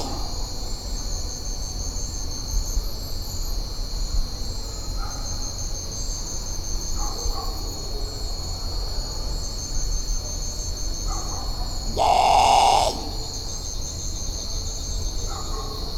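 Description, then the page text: Great potoo giving one loud, harsh, guttural bawl lasting under a second near the end, over a steady high insect drone. "Исполинский лесной козодой"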